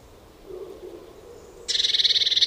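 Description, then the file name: Eurasian blue tit giving a churring scold, a rapid buzzy chatter of many notes in the last second, after a quiet start. "Cyanistes caeruleus"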